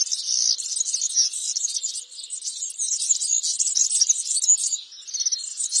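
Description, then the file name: European serin song: a hurried, high-pitched stream of crackling, wheezy tinkles, sustained with only slight lulls near two and five seconds. "canto do milheirinha europeia"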